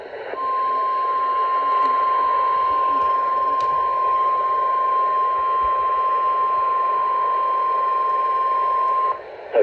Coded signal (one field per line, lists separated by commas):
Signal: Emergency Alert System (SAME) tones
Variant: 1050 Hz attention tone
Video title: [EAS #67-73] Beyond SoCal Day 2 - Marine Madness!! EAS alert compilation 1/10/23